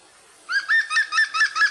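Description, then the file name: European green woodpecker call, a quick run of about six ringing notes, evenly spaced, with a quiet background. "groennspett"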